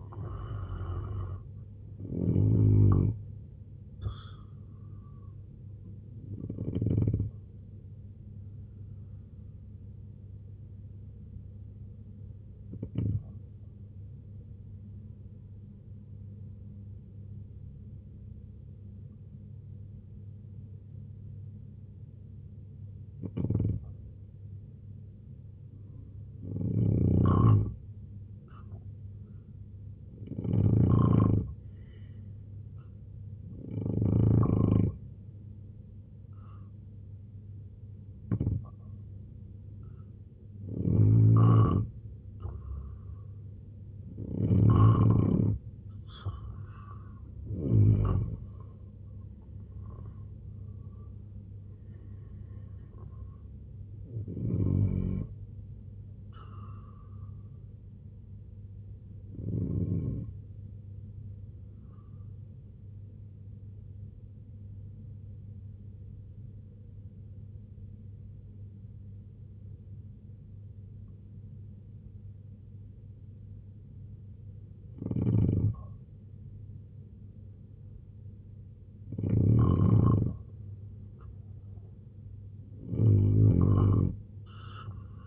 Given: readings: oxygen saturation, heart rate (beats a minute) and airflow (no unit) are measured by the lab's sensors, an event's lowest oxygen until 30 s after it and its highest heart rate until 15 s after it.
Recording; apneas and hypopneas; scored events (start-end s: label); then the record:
breathing in sleep by a smartphone at the bedside; 2
7.00-26.30 s: hypopnea (N2, oxygen 94% highest, then 88% lowest, heart rate 69 at the start, 79 highest)
61.00-81.10 s: hypopnea (N2, oxygen 95% highest, then 89% lowest, heart rate 65 at the start, 77 highest)
From the record:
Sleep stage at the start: N2 (light sleep); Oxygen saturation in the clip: 86 to 95%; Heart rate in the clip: 63 to 87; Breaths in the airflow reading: 18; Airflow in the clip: -6.2 to 7.1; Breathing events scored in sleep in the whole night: 258 in 7.4 hours asleep